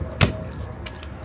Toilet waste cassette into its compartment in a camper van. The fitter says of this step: then it just snaps back in like that.